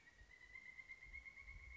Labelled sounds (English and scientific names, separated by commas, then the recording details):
Pileated Woodpecker (Dryocopus pileatus)
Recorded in Sonoma County, California